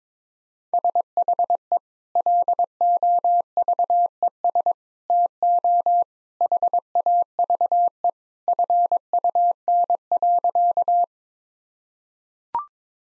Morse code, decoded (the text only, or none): SHE LOVES TO HAVE FUN.